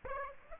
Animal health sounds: mosquito wingbeat signal from an infrared sensor; Aedes aegypti

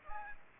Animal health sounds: mosquito wingbeat signal from an infrared sensor; Aedes aegypti

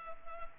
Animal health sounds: mosquito wingbeat signal from an infrared sensor; Culex pipiens

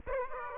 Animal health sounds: mosquito wingbeat signal from an infrared sensor; Aedes aegypti

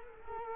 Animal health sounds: mosquito wingbeat signal from an infrared sensor; Culex quinquefasciatus

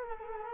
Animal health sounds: mosquito wingbeat signal from an infrared sensor; Culex quinquefasciatus

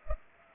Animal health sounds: mosquito wingbeat signal from an infrared sensor; Culex pipiens

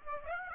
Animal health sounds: mosquito wingbeat signal from an infrared sensor; Aedes aegypti

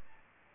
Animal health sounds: mosquito wingbeat signal from an infrared sensor; Aedes albopictus

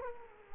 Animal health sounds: mosquito wingbeat signal from an infrared sensor; Culex quinquefasciatus

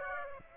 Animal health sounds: mosquito wingbeat signal from an infrared sensor; Aedes aegypti

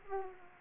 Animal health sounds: mosquito wingbeat signal from an infrared sensor; Anopheles arabiensis

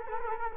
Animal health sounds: mosquito wingbeat signal from an infrared sensor; Culex quinquefasciatus

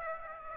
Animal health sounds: mosquito wingbeat signal from an infrared sensor; Aedes aegypti

